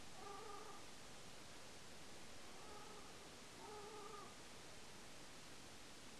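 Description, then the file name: Ruddy shelduck flight calls: three faint, drawn-out nasal honks, near the start, the middle and about two-thirds through, barely above the background hiss. Nocturnal flight calls recorded at Lingshan, Beijing, on 21 April 2024 at about 02:57. "LINGSHAN. Ruddy Shelduck series"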